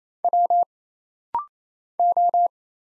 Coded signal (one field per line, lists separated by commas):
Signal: Morse code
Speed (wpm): 27 wpm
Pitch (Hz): 700 Hz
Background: none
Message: W O